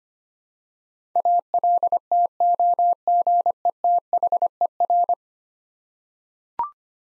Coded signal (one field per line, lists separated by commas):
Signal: Morse code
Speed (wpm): 25 wpm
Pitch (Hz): 700 Hz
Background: none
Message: ALTOGETHER